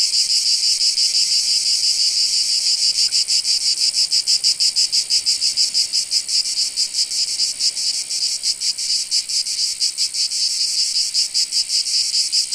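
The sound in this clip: Cicadas giving a harsh, high buzzing drone with rapid rhythmic pulsing throughout.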